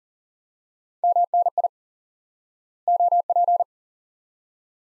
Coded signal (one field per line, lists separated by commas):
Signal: Morse code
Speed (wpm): 40 wpm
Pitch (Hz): 700 Hz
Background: none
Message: MNI OP